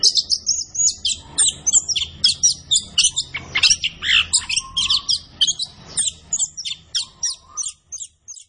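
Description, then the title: Orange-headed thrush singing dense, high, sharply clipped notes in quick bursts, with a few lower whistled notes mixed in. Kept songbird singing gacor (vigorously and continuously), used as masteran to train other birds in Indonesian songbird keeping (kicau mania). "Anis Kembang Gacor. Kicau Mania Masteran Anis Kembang"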